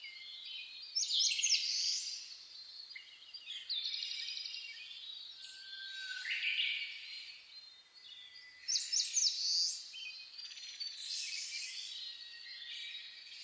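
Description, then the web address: Birds singing in a dense chorus, overlapping high trills and bright warbled phrases, with louder bursts near the start and again around nine seconds. Dawn chorus (reimei) recorded on 10 May 2010. "sounds data 2010 reimei DH-D 50-saezuri-20100510-0401"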